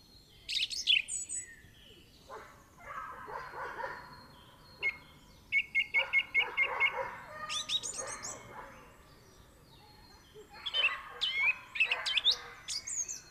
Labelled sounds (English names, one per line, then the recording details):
Song Thrush song
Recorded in the wild
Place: Kaiserslautern, Rheinland-Pfalz, DE
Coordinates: 49.44, 7.74917
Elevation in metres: 254
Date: 1974-03-26
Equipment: Nagra IV, Sennheiser MKH 405, Parabolreflektor
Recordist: Tretzel, Erwin